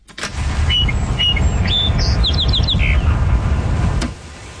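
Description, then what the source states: Song Sparrow song: a few clear whistled notes, then a quick series of descending notes and a lower closing note, under heavy low rumble and hiss. First bird recording, made at dawn on May 18, 1929, near Cayuga Lake, with the microphone placed by a song sparrow perch.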